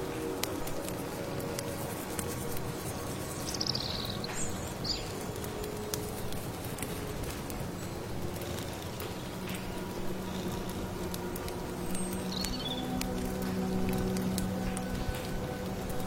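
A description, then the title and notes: A dense, steady bed of patter and crackle, with quick clicks scattered throughout like rain and burning firewood. Brief bird chirps rise above it around four to five seconds and again near twelve. A low, steady hum runs underneath, firming into a tone in the later half. Stir your magic amulet soup, accompanied by birdsong, firewood, rustling rain.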